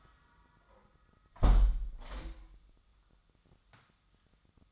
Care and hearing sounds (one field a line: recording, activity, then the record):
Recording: daily activity, microphone in the room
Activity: close window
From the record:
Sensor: 3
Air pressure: 1004.6 hPa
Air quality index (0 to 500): 72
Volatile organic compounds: 2 ppm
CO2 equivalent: 1064 ppm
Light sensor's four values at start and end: 7/16/6/6 and 7/16/6/6